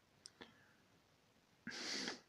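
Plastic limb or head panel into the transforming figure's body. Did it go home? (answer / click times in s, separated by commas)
no / none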